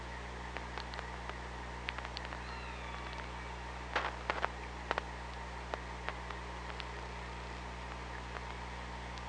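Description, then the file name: Killer whale underwater sounds: a faint whistled call sliding downward, with scattered sharp clicks and bursts of clicking over steady low hum and hiss. Hydrophone recording made 24 August 2017 at 06:16. "Orca Lab"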